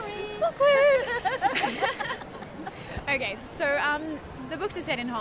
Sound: laughs